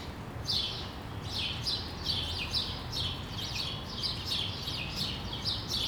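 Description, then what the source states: House sparrows chirping rapidly in overlapping series, sharp descending notes from several birds, over a soft low background hum. Sparrows recorded on Rue de l'épargne, Brussels, Belgium, on World Sparrow Day; Lom mikroUši AB microphones into a Deity PR-2 recorder.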